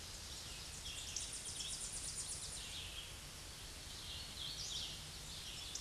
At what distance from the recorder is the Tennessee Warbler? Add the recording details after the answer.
about 35 m. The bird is about level with the microphone. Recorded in a Pennsylvania forest on 16 May 2024 at 07:55. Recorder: AudioMoth, point MSD-2429. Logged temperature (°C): 16.7 °C. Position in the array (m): 69 m, 62 m